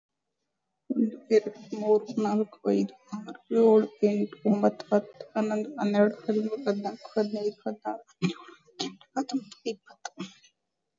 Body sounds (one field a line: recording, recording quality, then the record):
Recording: counting at a normal pace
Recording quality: excellent, no background noise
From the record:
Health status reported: exposed to COVID-19, no respiratory illness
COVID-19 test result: negative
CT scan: not taken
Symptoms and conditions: cold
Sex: female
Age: 39 years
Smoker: no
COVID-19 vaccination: both doses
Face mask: worn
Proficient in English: yes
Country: India